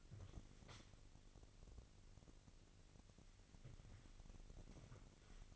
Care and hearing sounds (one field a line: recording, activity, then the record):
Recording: daily activity, microphone in the room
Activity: wipe stove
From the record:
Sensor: 4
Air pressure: 1002.4 hPa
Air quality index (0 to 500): 215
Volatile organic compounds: 11 ppm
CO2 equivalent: 2321 ppm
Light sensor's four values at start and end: 18/66/24/24 and 19/66/24/24